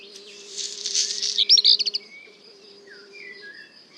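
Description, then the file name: Black redstart song: a rasping, crackly phrase that ends in a quick series of loud, sharp high notes, followed by soft lower whistled notes and a constant insect whine. At le Puech, singing together with a common blackbird. "chant de rougequeue noir merle noir le Puech"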